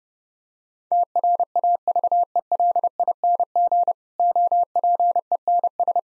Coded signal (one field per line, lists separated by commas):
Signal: Morse code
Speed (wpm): 32 wpm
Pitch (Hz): 700 Hz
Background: none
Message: TRAVELING OPENS